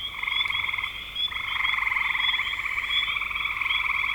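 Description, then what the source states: Frog chorus of rapid pulsed croaking trills, briefly dipping then resuming continuously, a steady high ringing note above. Frogs recorded in spring 2025.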